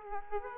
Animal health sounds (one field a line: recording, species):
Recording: mosquito wingbeat signal from an infrared sensor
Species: Aedes aegypti